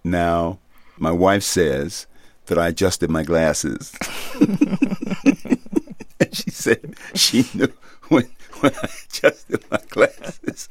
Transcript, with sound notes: Now, my wife says that I adjusted my glasses.
(LAUGHTER)
And she said she knew when I adjusted my glasses,